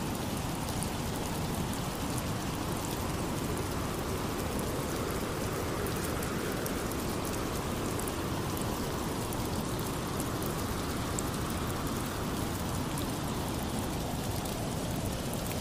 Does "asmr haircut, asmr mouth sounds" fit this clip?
no